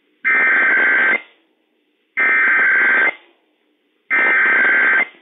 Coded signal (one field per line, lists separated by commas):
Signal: Emergency Alert System (SAME) tones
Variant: header bursts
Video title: 11/17/20 - Required Weekly Test - WWF56 - EAS #14